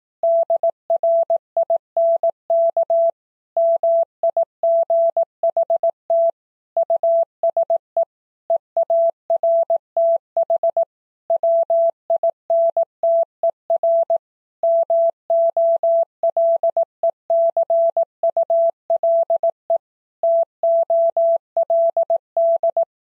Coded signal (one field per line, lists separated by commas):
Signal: Morse code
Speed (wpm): 18 wpm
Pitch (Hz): 670 Hz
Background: none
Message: DRINK MIGHT USE EARTH WINTER MOLECULE TOLD